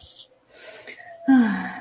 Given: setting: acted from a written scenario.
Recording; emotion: vocal sound without words; contentment